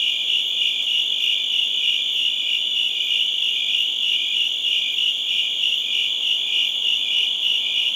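Shrill unbroken cricket chorus, rapid pulsing chirps layered into a dense high-pitched hum.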